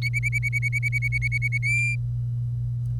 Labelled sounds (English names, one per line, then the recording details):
Domestic Canary song
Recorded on 25 April 2018 at 09:38
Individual llb3